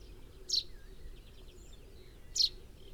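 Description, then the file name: Common chaffinch calls: two brief, bright notes nearly two seconds apart, over low background noise. "Fringilla coelebs 180719"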